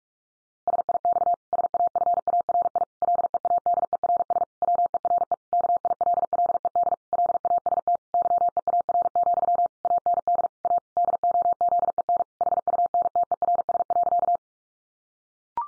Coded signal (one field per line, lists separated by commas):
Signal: Morse code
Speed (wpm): 44 wpm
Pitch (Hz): 700 Hz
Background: none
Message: SIX SAFARI LEADERS WERE KILLED LAST YEAR, AND A DOZEN HUNTERS.